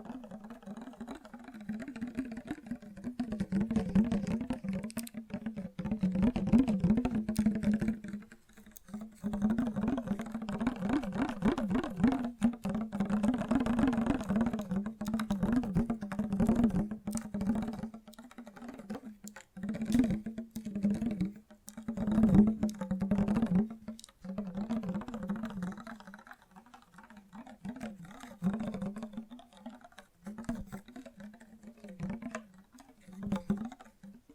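Fast, gentle tapping runs almost throughout, a dense patter of quick soft taps that swells into busier stretches and eases off in short gaps. A low steady tone hums underneath, and the tapping carries a light, crisp edge on top.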